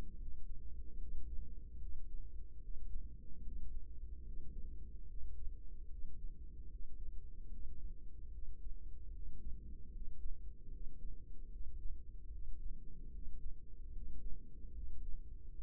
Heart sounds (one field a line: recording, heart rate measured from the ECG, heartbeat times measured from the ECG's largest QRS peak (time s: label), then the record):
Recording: heart sounds by microphone in the right ear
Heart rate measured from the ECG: 74 bpm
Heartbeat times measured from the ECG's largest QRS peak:
0.16 s: heartbeat
0.96 s: heartbeat
1.77 s: heartbeat
2.59 s: heartbeat
3.41 s: heartbeat
4.22 s: heartbeat
5.05 s: heartbeat
5.87 s: heartbeat
6.67 s: heartbeat
7.48 s: heartbeat
8.30 s: heartbeat
9.10 s: heartbeat
9.90 s: heartbeat
10.69 s: heartbeat
11.48 s: heartbeat
12.29 s: heartbeat
13.10 s: heartbeat
13.91 s: heartbeat
14.72 s: heartbeat
15.51 s: heartbeat
From the record:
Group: healthy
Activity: rest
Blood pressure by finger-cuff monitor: 109/81 mmHg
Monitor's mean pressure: 91 mmHg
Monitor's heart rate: 74 bpm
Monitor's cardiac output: 5.3 L/min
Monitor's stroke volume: 71 mL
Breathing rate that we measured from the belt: 18 breaths a minute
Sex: female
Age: 32 years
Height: 172 cm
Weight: 71.7 kg